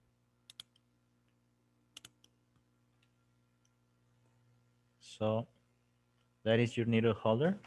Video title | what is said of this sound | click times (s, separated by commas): Webinar 7 Sutures | by by pressing against the ratchets you see you might hear a click | 0.5 s, 0.6 s, 2.0 s